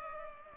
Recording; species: mosquito wingbeat signal from an infrared sensor; Culex pipiens